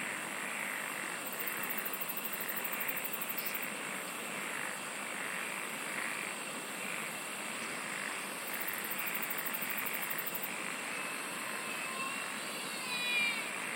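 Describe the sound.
Insects sing in two bursts of rapid pulsing trills amid a constant high drone, with a faint whistle-like sound near the end.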